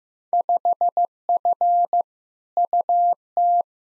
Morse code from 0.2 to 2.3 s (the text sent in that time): 5F